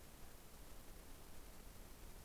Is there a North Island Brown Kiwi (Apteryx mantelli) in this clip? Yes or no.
no